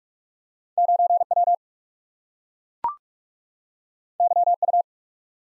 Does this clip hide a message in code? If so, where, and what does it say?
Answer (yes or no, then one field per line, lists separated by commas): yes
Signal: Morse code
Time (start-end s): 0.8-4.8 s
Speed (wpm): 44 wpm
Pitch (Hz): 700 Hz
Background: none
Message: 9W YU